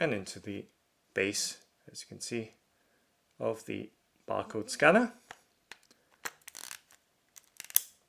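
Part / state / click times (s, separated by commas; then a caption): cable plug into the base of a handheld barcode scanner / seated / 7.8 s. Someone talks while pushing a cable plug into the socket in the base of a handheld ieGeek barcode scanner, followed by a run of small clicks and handling ticks. A sharp, loud click at 7.8 s marks the plug seating in the scanner base.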